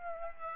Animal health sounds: mosquito wingbeat signal from an infrared sensor; Aedes aegypti

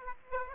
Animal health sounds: mosquito wingbeat signal from an infrared sensor; Aedes aegypti

